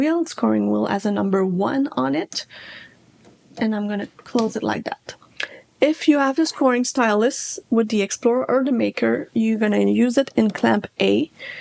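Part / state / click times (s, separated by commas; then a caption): tool-holder clamp on a craft cutting machine carriage / seated / 5.4 s. Someone talks while closing the plastic tool-holder clamp on a home craft cutting machine's carriage over a tool marked with the number one. A sharp click at 5.4 s is heard as the clamp snaps shut and seats, with talking before and after.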